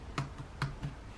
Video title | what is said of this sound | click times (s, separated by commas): How To Fix Replace Keyboard Key - HP Chromebook 11 Space Enter Shift Backspace | that centered we just push in each corner to snap it back in place just | 0.2 s, 0.6 s